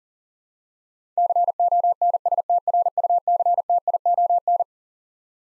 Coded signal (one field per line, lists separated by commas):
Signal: Morse code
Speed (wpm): 40 wpm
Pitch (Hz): 700 Hz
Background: none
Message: CONSTRUCTION